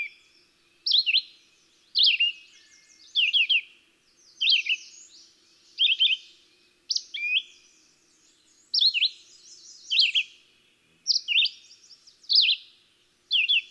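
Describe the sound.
Red-eyed Vireo singing a steady series of brief, clear, slurred whistled phrases, nearly one per second.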